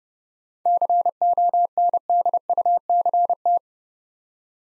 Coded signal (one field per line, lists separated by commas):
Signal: Morse code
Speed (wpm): 30 wpm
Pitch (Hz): 700 Hz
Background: none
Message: CONDUCT